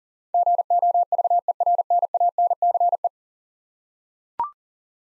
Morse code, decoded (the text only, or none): GOVERNANCE